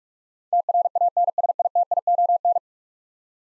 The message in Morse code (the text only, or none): TRANSITION